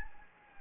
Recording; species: mosquito wingbeat signal from an infrared sensor; Anopheles gambiae